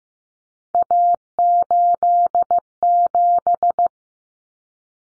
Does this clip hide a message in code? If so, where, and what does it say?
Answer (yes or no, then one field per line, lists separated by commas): yes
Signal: Morse code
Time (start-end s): 0.7-3.9 s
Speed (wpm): 15 wpm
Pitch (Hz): 700 Hz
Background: none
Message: A87